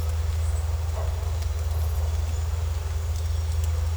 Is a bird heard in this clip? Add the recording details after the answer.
no. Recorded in secondary vegetation near Puerto Asís, Putumayo, Colombia, on 21 December 2024 at 14:00. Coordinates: 0.468, -76.324. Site G095